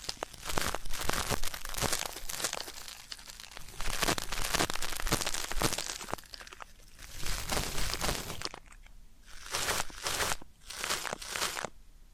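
Ear-cleaning ASMR sounds: dense, crackly scratching and crinkling that rises and falls in uneven bursts, with sharp snaps scattered throughout. The rubbing thins out briefly around the ninth and tenth seconds before resuming with bright, crisp crackles.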